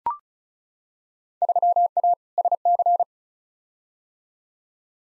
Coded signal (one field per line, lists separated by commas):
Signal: Morse code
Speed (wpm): 34 wpm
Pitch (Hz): 700 Hz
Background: none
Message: 3A SC